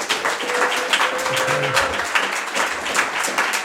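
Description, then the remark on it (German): An audience applauds steadily at a moderate level on request for a medium applause to test an applause meter, a dense crackle of many hands clapping that holds evenly for several seconds without swelling or dying away. “Wir fangen mal an mit so einem mittleren Applaus.”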